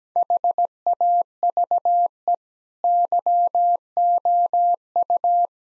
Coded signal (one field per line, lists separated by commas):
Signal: Morse code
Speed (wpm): 17 wpm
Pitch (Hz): 700 Hz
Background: none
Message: HAVE YOU